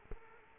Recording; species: mosquito wingbeat signal from an infrared sensor; Culex quinquefasciatus